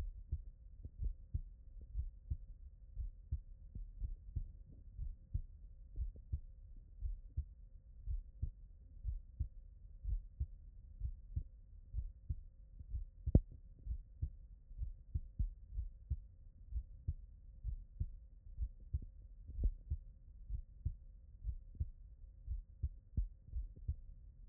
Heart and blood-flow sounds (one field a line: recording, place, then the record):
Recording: heart sounds by stethoscope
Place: tricuspid valve (TV)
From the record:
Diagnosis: non-HFrEF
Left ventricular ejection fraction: 51%